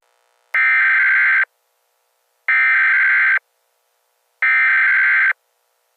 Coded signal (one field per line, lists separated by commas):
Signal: Emergency Alert System (SAME) tones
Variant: header bursts